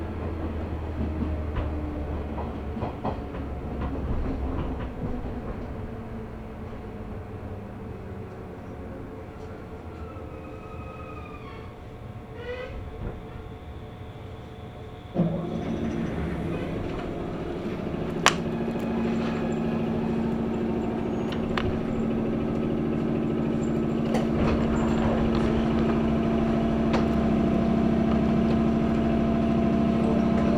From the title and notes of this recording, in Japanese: 中央東線 普通 韮崎→東山梨。韮崎を出てもまだ下り続けて甲府盆地に入ります。